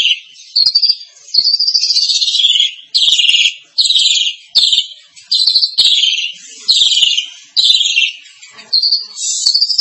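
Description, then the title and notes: Starling song of loud, harsh, screechy phrases about a second long, delivered in quick succession with brief gaps. "suara burung jalak"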